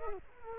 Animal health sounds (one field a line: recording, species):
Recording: mosquito wingbeat signal from an infrared sensor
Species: Culex quinquefasciatus